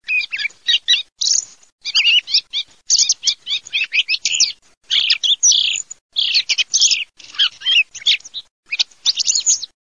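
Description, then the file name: Thrush song, a fast run of bright, varied high chirps and whistled notes in short bursts, nearly continuous with brief pauses. "TORDOLU"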